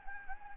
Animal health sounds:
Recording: mosquito wingbeat signal from an infrared sensor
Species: Anopheles gambiae

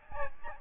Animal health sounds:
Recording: mosquito wingbeat signal from an infrared sensor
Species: Aedes albopictus

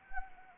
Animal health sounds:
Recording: mosquito wingbeat signal from an infrared sensor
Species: Anopheles arabiensis

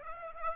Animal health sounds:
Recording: mosquito wingbeat signal from an infrared sensor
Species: Aedes aegypti

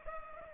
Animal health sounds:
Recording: mosquito wingbeat signal from an infrared sensor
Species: Culex pipiens

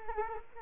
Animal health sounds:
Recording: mosquito wingbeat signal from an infrared sensor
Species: Culex quinquefasciatus

